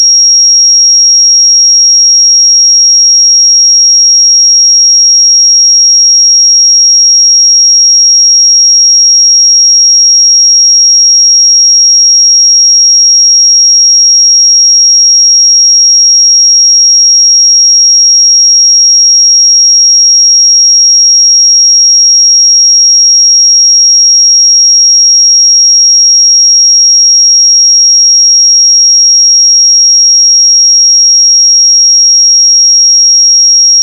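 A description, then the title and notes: A pure sine tone at 5604 Hz holds perfectly steady for the whole 34 seconds. It is a single thin, bright whistle with constant loudness, no wavering, no breaks, and nothing else in the background. 5604 Hz 1 Hz Interval Sine Pure Tone Frequency 441000 Sample Mono.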